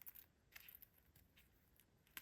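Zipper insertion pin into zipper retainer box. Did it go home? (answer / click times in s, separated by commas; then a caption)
yes / 2.2 s. A zipper's insertion pin is pushed firmly from below into the retainer box while the zipper is being attached to a crocheted crossbody bag. A few faint taps and rustles come first, then a sharp click at 2.2 s as the pin seats in the box.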